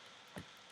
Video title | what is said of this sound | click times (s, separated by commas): Prusa Mini Build Live Stream | it kind of locks into place once you plug it in | 0.4 s